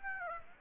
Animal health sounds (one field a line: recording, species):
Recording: mosquito wingbeat signal from an infrared sensor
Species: Aedes aegypti